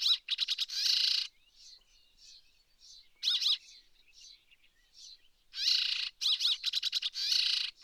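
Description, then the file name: Rock sparrow giving harsh, buzzy chatter in rapid stuttering bursts, with long rasping notes between and soft chirps in quiet gaps. Subspecies brevirostris; recorded at Erdenesant, Mongolia, 23 May 2013. "130523 crsparr-brevirostris-1-S mng erdenesant"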